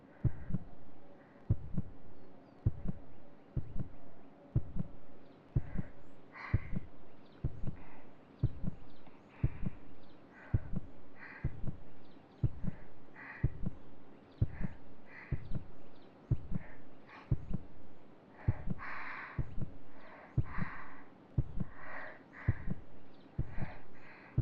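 Steady, regular heartbeat of a woman's own heart heard through a stethoscope, about 60 beats a minute, pounding with nervous excitement, with a faint background hum.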